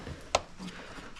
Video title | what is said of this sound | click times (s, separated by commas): 2025 Pro R 6000 LB Winch Install!! | till you hear it click just like that one did. | 0.3 s